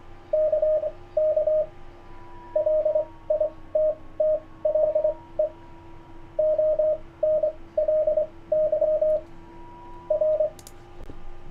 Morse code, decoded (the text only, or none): KK LITTLE ONLY R